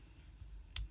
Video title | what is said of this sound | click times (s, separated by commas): Most beautiful vintage looking wooden fountain pen for writers and artists Jinxian WX Pen Factory | there's a nice click | 0.8 s